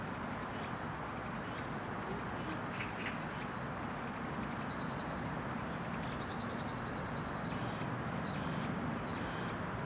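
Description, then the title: Cicadas droning in a high, even buzz that briefly drops out, set against steady low traffic noise. Recorded at an apartment complex in Banpo-dong, Seocho-gu, Seoul, South Korea. "대한민국 서울특별시 서초구 반포동 1117-Banpo Jugong Apartment, Cicada, Magpie"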